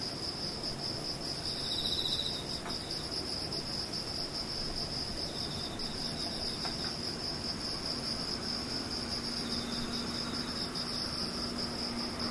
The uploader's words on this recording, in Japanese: 無音ムシたまにセミ。